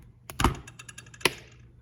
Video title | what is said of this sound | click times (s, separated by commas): Paul Horowski’s Transformer Shanks Introduction and Use ! | to open same thing you actually hear it click off | 0.4 s, 1.3 s